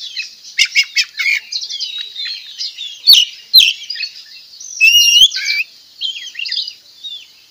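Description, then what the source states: Oriental magpie-robin singing a stream of fast twittering notes and clear whistles, with a short buzzy burst near the end and trilled phrases throughout. Singing actively (gacor), with loud song phrases called tembakan; recorded at Tretes.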